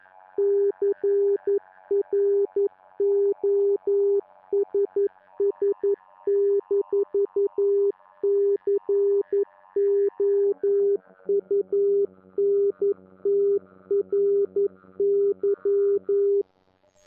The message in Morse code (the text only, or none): CROSS-COUNTRY